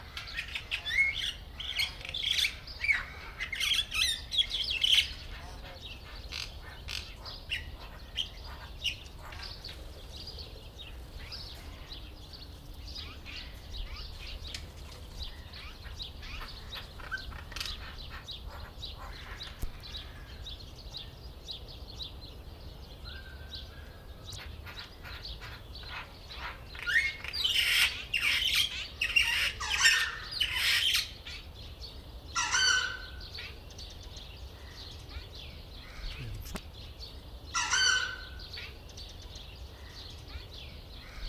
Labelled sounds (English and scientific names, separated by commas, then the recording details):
Crested Myna (Acridotheres cristatellus)
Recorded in captivity
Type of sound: twittering, song
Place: Zoo Berlin, Berlin, DE
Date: 1996-04-20 18:49
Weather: sonnig, 24°C
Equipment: Sony MD-WM MZ-R3, Sennheiser MKH 416 T, Kopie Uher 4000 Report Monitor
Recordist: Tembrock, Günter
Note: Lautfolgen mit Schwanzspreizen